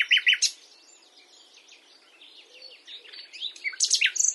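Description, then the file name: Common nightingale song in rich, varied bursts: a few loud notes at the start, a stretch of quieter chattering, then sharp high notes building at the end. "Luscinia megarhynchos"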